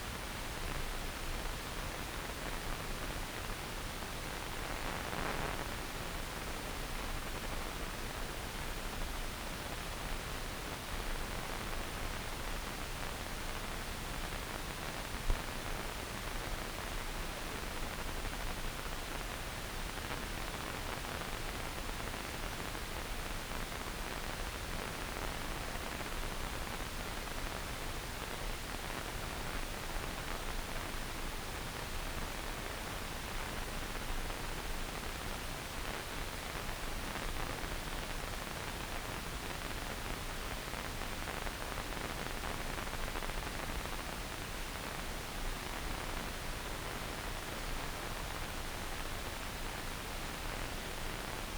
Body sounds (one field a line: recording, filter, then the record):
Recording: brain microelectrode recording played as sound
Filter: wide band, above 20 Hz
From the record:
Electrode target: subthalamic nucleus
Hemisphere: left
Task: reaching with the right hand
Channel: 1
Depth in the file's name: 0.251 mm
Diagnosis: Parkinson's disease